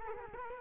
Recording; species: mosquito wingbeat signal from an infrared sensor; Culex quinquefasciatus